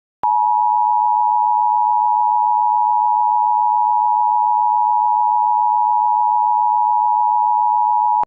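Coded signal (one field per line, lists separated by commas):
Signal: Emergency Alert System (SAME) tones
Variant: 853 and 960 Hz attention tone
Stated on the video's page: Mock EAS alert, simulated.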